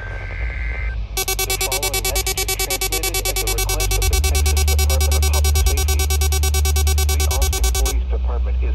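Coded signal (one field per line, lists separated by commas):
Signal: none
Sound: music synth beeps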